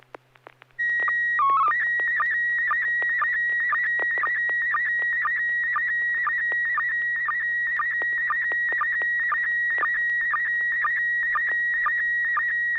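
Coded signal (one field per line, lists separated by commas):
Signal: SSTV (slow-scan television)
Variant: PD 120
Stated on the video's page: SSTV net on a 441.300 MHz FM repeater, with images sent using MMSSTV software.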